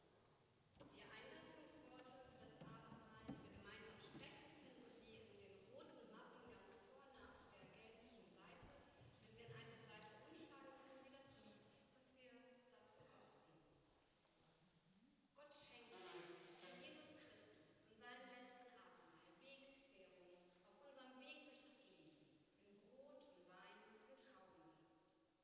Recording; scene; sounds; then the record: everyday scene through a hearing-aid microphone; reverberant space; speech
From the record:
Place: church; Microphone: in the ear canal, left